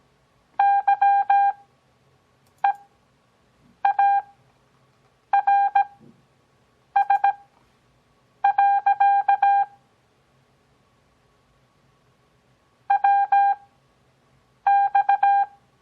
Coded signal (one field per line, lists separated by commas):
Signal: Morse code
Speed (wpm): 17 wpm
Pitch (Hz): 800 Hz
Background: none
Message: YEARS. WX